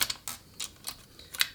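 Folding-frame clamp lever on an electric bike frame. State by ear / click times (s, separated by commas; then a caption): seated / 1.4 s. The metal folding-frame clamp lever on a 2023 Windgoo E20 electric bike is reopened, then closed and locked, giving a series of short, bright mechanical clicks and rattles around 0.1, 0.3, 0.6 and 0.9 seconds. A final, loudest sharp snap at 1.4 seconds marks the lock, and the frame clamp is secured.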